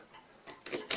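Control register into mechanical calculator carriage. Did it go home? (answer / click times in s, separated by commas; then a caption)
yes / 0.9 s. The metal control register of an Addo Multo Model 3 mechanical calculator under restoration is jiggled by its levers while being refitted into the calculator carriage, giving soft rattling and scraping sounds. A sharp metallic click at 0.9 s marks the register popping into place, fully seated.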